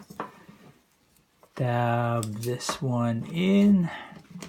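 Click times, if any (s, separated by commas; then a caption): none. A second plastic part of a transforming toy robot is handled and pushed toward its socket, with a small plastic tap near the start, faint ticks, and another tap at the end. Someone talks from about 1.6 s to 4 s. Nothing has seated or clicked yet.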